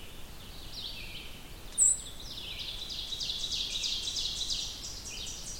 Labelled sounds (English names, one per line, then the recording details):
Ovenbird song
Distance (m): 50 m
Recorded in boreal forest in Alberta, Canada, on 2 June 2016 at 08:35
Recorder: SongMeter 3, array SBT-3-7
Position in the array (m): 54 m, 85 m
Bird 5